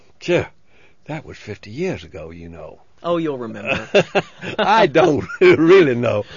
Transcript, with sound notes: Gee, that was fifty years ago, you know.
Oh, you'll remember.
(he laughs) I don't really know, but...